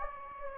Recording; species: mosquito wingbeat signal from an infrared sensor; Anopheles gambiae